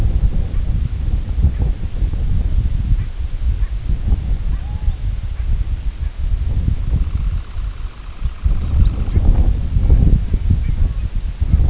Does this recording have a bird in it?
yes